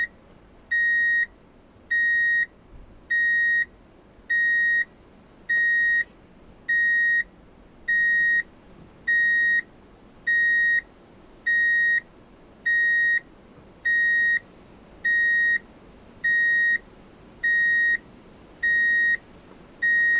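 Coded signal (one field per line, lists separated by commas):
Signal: alarm pattern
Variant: vehicle reversing beeper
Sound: about 17 evenly spaced half-second high beeps, continuous steady rhythm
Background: low background rumble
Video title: [Free sound effect] Transportation | Drive in Reverse Beep Alert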